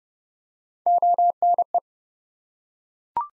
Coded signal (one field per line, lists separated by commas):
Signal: Morse code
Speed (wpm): 30 wpm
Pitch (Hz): 700 Hz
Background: none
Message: ONE